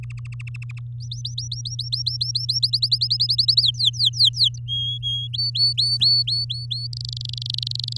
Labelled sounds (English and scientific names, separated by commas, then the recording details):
Domestic Canary (Serinus canaria) song
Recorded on 7 May 2018 at 16:56
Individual llb16